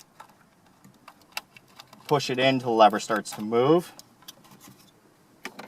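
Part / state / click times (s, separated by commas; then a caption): lever-lock connector into radio module / seated / 5.5 s. A lever-lock connector is pushed into the radio module during a 4-inch to 8-inch factory SYNC 3 Apple CarPlay/Android Auto upgrade on a 2015–2018 Ford Mustang, with the lever moving and then pressed down to lock it. Soft handling taps come through before and after someone talks in the middle. A sharp click at 5.5 s marks the connector locking home into place.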